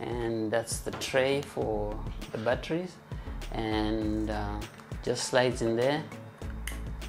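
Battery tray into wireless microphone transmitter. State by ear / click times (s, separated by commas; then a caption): seated / 6.7 s. The AA battery tray of a Saramonic wireless lavalier transmitter is slid back into the side of the plastic unit while someone talks over music. It latches with a sharp click at 6.7 s, seating the tray.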